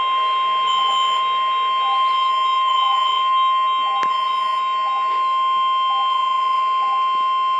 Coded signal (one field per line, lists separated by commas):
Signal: Emergency Alert System (SAME) tones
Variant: 1050 Hz attention tone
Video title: EAS #2 | Required Weekly Test | Miamisburg, OH | WXJ46 | July 13th, 2022.